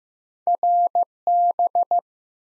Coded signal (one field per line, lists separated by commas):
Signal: Morse code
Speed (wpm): 15 wpm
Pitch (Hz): 700 Hz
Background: none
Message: RB